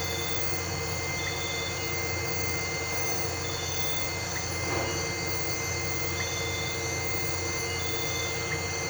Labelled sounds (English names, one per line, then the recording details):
none
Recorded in pastures near Puerto Asís, Putumayo, Colombia, on 13 March 2025 at 02:30
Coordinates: 0.466, -76.322
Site CSA-02